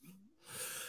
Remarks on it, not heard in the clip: I picked up a little bug that was going around and I was stuffy for the last few days. So I got my residuals now. I sneeze every now and then and I sound a little stuffy.